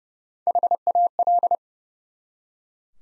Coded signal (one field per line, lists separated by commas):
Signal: Morse code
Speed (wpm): 30 wpm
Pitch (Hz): 700 Hz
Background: none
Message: HAL